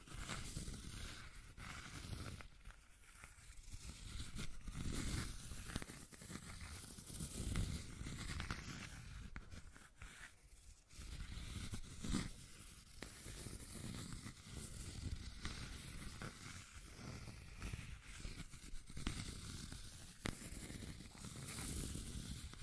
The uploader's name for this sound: Scratching and Tracing Sounds